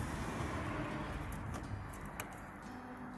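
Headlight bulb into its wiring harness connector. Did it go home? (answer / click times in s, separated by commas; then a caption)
yes / 2.2 s. A new halogen headlight bulb for a 2019 Subaru Impreza, held by its plastic base without touching the glass, is pushed into its wiring harness connector and seats with a sharp, short click at 2.2 s. A steady low rumble with faint noise runs underneath, and a tug afterwards confirms the bulb is connected.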